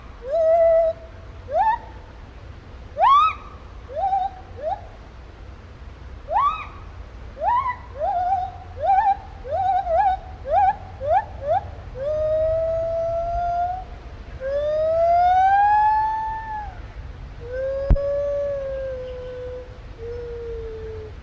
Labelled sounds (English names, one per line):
Lar Gibbon